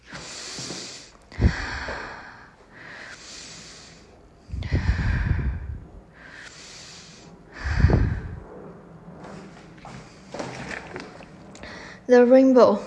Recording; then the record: deep breathing after running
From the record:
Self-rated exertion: vigorous exertion (4 of 6); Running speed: 6 miles an hour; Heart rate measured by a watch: 119 beats a minute at the start, 121 at the end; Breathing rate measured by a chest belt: 27 breaths a minute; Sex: male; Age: 25 years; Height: 174 cm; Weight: 71 kg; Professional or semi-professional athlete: no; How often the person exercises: 3 to 5 times a week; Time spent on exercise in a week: 2 to 3 hours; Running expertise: no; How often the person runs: 1 to 2 times a week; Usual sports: running, swimming, badminton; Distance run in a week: 8 km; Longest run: 10 km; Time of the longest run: 48 minutes